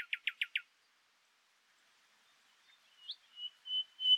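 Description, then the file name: Common nightingale song: four quick dry notes, a pause, then a rising whistle and a few clear sustained whistled notes. "Luscinia megarhynchos"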